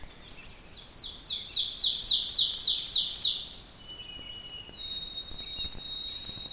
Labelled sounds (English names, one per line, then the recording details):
Ovenbird song
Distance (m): 15 m
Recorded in boreal forest in Alberta, Canada, on 5 June 2016 at 06:06
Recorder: SongMeter 3, array SBT-3-51
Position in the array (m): 272 m, 118 m
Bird 28